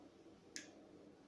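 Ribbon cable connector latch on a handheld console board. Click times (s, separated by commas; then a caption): 0.6 s. A screwdriver flips up the small plastic latch of the ribbon-cable connector for a Nintendo DS Lite digitizer on the handheld console's board. Against a low, steady background, a single short, bright click sounds at 0.6 s as the latch flips open, releasing the connector.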